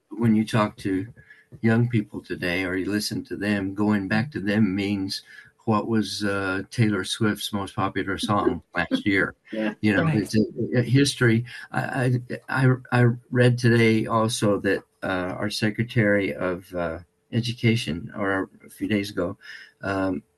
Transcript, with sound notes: when you talk to young people today, or you listen to them, going back to them means what was, uh, Taylor Swift's most popular song last year?
(laughs) Yeah, right.
You know, it's, uh, uh, history, I, I, I r- I read today also that, uh, our secretary of, uh, education, or a few days ago,